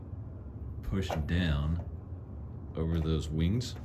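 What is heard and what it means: A replacement plunger rod assembly is pushed down over the wings of the plastic flow guide inside a Bottoms Up beer system dispenser valve. Someone talks over a low steady background hum, and no sharp sounds are heard. Nothing has seated or clicked yet.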